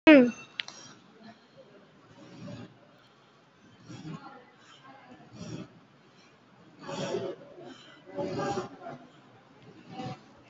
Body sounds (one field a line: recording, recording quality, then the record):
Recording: shallow breathing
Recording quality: excellent, no background noise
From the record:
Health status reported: COVID-19 positive, moderate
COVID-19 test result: positive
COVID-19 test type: RT-PCR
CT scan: taken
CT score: 5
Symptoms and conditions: cough, cold, breathing difficulty, sore throat, fever, fatigue, muscle pain, loss of smell and taste, pneumonia, another condition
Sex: male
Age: 60 years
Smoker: yes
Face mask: worn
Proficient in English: yes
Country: India